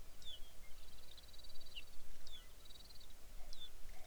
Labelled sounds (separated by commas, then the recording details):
songbird
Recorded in the Arctic National Wildlife Refuge, Alaska, on 23 May 2019 at 05:43
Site 49